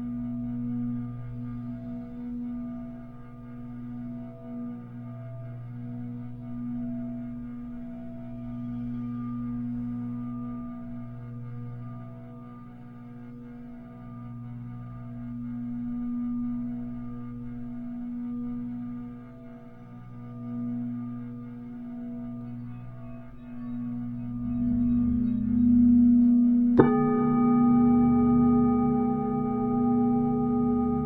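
Tibetan singing bowls resonate with a steady, layered hum, low tones slowly swelling and fading in gentle waves. Around 25 seconds a brighter tone enters, and near 27 seconds a sharp strike adds a clear ringing note that sustains to the end.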